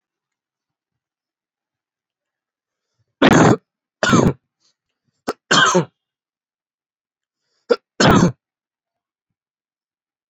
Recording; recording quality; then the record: heavy voluntary cough; excellent, no background noise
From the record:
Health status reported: COVID-19 positive, mild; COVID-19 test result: positive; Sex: male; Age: 30 years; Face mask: worn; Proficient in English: yes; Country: India